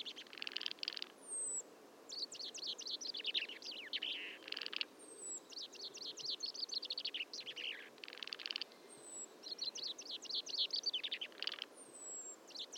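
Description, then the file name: Common chaffinch singing a descending trill with a rough terminal flourish, repeated several times, while another bird gives thin, high whistles. "Fringilla coelebs"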